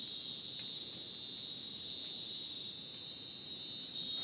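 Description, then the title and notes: Crickets chirping in a dense chorus: steady, shrill, high-pitched layered trilling that runs unbroken throughout, with a faint rustle of lower sounds beneath. Dense rainforest at Ucumari, Madidi National Park, Bolivia, after sunset; very dense insect chorus like a polyrhythmic electronic concert; AT BP4029 microphone, MixPre 6 recorder. "Madidi National Park, Ucumari, Bolivia - Supersonic Crickets in the rainforest. Después del atardecer, un espacio muy denso en medio del bosque. Increíble densidad de insectos"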